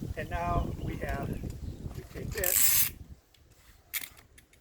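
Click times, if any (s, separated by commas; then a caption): 4.0 s. Someone talks about joining the two halves of a folding stand-up paddleboard, pushed together on their alignment tubes and magnets, followed by a brief burst of broadband noise. After a quiet pause, the latch engages with one sharp click at 4.0 s, and a few faint ticks follow. The latch locks the board sections together securely.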